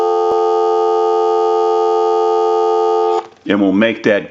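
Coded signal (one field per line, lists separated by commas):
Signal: telephone call progress tone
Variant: North America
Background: speech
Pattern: dial tone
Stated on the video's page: Heard on a TA954 military field telephone, BSG design, during initial checkout and repair.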